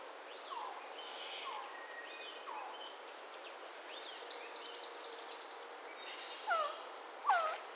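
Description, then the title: Resplendent quetzal giving soft downslurred whistles about once a second, then louder, brighter slurred notes near the end, with other high chirps and buzzes behind. "Resplendent Quetzal (Pharomachrus mocinno)"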